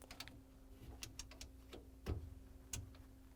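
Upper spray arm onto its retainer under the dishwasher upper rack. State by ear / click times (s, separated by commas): not seated / none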